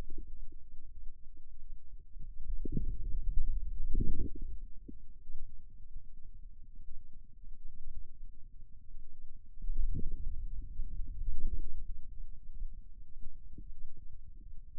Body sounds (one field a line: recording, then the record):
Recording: forearm muscle sounds (acoustic myography)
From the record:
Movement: wrist flexion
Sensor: system 2, bracelet of six BSWA MPA416 microphones around the upper forearm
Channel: 3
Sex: male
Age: 22 years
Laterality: right